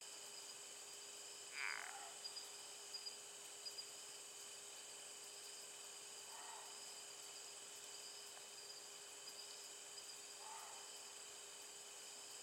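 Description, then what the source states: Frog giving three short croaking notes spaced several seconds apart, over a steady high-pitched drone and constant background hiss. Recorded on 27 November 2020 in the evening, at 20:47.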